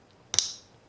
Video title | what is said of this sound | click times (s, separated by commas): Installing 75A Anderson Powerpole connectors for RC applications | and you'll hear a click | 0.3 s, 0.4 s